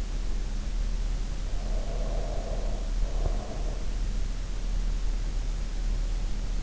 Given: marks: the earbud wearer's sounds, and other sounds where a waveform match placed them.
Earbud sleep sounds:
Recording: sounds in sleep by an in-ear microphone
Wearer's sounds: breath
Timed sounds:
1.77-4.13 s: breath

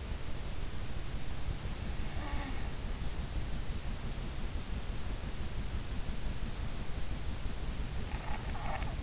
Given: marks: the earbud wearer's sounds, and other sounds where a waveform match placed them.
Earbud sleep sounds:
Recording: sounds in sleep by an in-ear microphone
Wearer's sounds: snoring breath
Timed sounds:
2.05-2.71 s: snoring breath
8.06-9.03 s: snoring breath

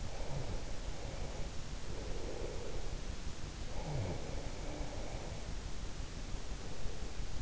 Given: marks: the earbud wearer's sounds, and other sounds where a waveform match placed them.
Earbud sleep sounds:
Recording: sounds in sleep by an in-ear microphone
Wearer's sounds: breath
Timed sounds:
0.13-2.81 s: breath
3.56-7.42 s: breath

